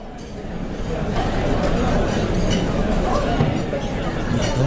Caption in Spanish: ¿No lo entiendes? A eso nos referimos con la pérdida de audición, a estar presente y poder participar. La ciencia advierte, la pérdida auditiva severa sin tratar multiplica por 5 el riesgo de deterioro cognitivo.